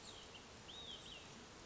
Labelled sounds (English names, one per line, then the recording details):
Olive-sided Flycatcher
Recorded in Sonoma County, California